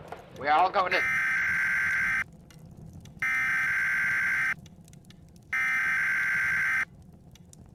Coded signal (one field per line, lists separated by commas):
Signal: Emergency Alert System (SAME) tones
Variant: header bursts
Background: speech